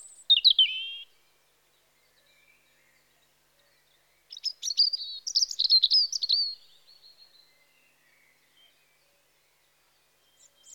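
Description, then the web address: European robin song: a thin high phrase, a pause, then a tumbling run of sweet twittering notes falling away, with quiet faint notes afterward. Spring. "BBC Sound Effects Library (Birds) Robin (Erithacus Rubecula) Spring"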